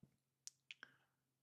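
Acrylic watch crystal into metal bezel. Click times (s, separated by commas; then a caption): 0.5 s, 0.7 s. An acrylic watch crystal, compressed with a crystal tool and with a metal bezel dropped over it, expands as the tool is unscrewed and snaps into the bezel. Sharp bright clicks land at 0.5 s and 0.7 s, followed by a softer tick at 0.8 s, over a faint low hum. The crystal is seated in the bezel.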